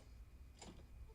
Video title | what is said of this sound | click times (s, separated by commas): Just join | Hey, they don't lock into Oh, they do lock into place. There you go. | 0.6 s